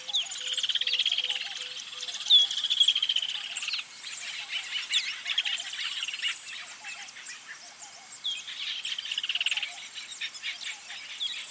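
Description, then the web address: Birds singing, with long buzzy trills twice amid scattered chirps and a low note repeated early on. Birds singing in a bird park. "zvuk peniya ptits v parke ptits eschyo park ptits"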